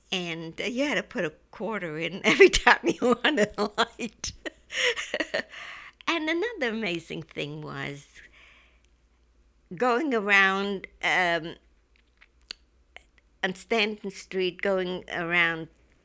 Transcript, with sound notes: And you had to put a quarter in every time you wanted a light. ( she laughs ) And another amazing thing was going around on Stanton Street, going around